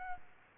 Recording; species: mosquito wingbeat signal from an infrared sensor; Aedes albopictus